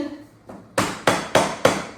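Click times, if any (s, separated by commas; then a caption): 1.1 s, 1.4 s, 1.7 s. A panel or plank is tapped into an adjoining piece with a faint tap at 0.5 seconds, then a series of sharp, ringing hammer-like taps. The panel snaps into place, with clicks at 1.1, 1.4 and 1.7 seconds.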